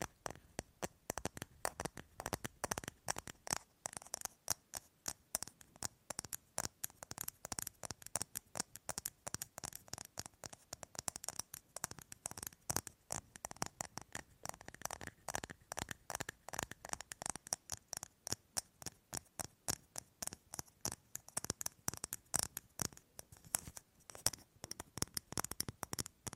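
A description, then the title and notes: Rapid tapping on objects, dense sharp clicks running continuously, some stretches busier than others, with bright crisp attacks and little else underneath. ASMR Fast & Slow Tapping on 6 Objects No Talking.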